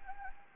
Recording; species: mosquito wingbeat signal from an infrared sensor; Anopheles gambiae